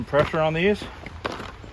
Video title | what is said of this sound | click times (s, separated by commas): Day 3 Finale! Steep Mountain Road Project | and they snap right in. | 1.1 s, 1.3 s